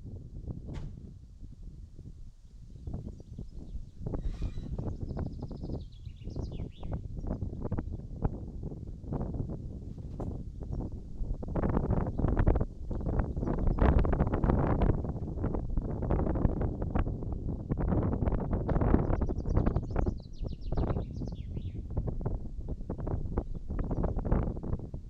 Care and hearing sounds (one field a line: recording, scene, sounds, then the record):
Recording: everyday scene through a hearing-aid microphone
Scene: wind on the microphone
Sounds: wind, birds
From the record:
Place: in front of a rural house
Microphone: in the ear canal, right